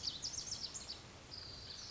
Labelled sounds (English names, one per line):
Lazuli Bunting